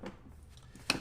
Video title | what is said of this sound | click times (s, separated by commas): ماكسي-كوزي نظام سفر معياري 5 في 1 من زيليا™، نظام سفر للاطفال، مجموعة مقعد سيارة للرضع وعربة الاطفال | snaps right in just like that | 0.9 s